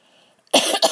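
After a brief near-silent moment, two harsh, abrupt cough bursts follow in quick succession, the first longer and the second clipped short. It is a plain dry-sounding adult cough with no wheeze or gurgle heard in this brief fragment.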